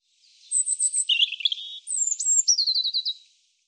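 European robin song phrase of thin high whistles and rapid twittering trills, with a brief pause partway through.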